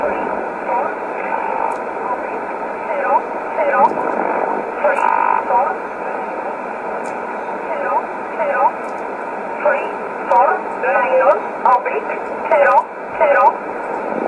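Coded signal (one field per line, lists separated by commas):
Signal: numbers station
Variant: E11 Oblique, English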